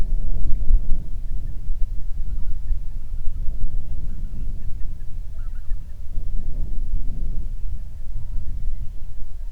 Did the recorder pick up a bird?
yes